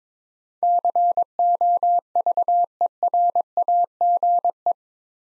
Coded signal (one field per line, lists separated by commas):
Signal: Morse code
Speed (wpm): 22 wpm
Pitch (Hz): 700 Hz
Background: none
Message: COVERAGE